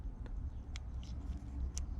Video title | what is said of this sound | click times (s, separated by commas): Como instalar controles al volante en nissan | Ahora sí, hasta se escucha el clic. | 1.8 s